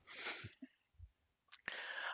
That was absolutely a real sneeze, but it sounded like a cartoon sneeze.